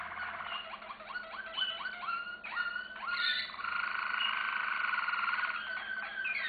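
Canary song with repeated slurred chips and downward sweeps, then a dense buzzy rolling trill that carries to the end.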